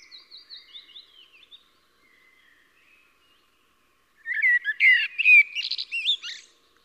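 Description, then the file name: Eurasian blackbird song: faint high thin notes at first, a pause, then a loud rich warbled phrase finishing in a scratchy, high-pitched twitter. "Koltrast"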